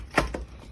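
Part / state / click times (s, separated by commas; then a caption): plastic assembly part (likely handle or wand) going into the stick vacuum body / not seated / none. A plastic part is pushed onto the body of a Dirt Devil Vibe 3-in-1 lightweight corded stick vacuum during assembly, where it is supposed to snap in place. Two short knocks are heard at about 0.2 s and 0.4 s, the first louder than the second. Nothing has snapped in: the part will not lock, however hard it is pushed, and comes right back out.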